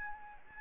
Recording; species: mosquito wingbeat signal from an infrared sensor; Aedes albopictus